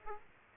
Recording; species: mosquito wingbeat signal from an infrared sensor; Aedes aegypti